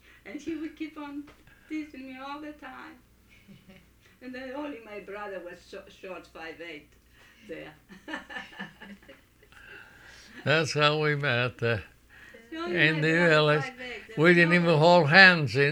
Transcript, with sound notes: And he would keep on teasing me all the time. And then only my brother was short, 5'8" there. ( they laugh ) That's how we met. MRS. 5'8". We didn't even hold hands.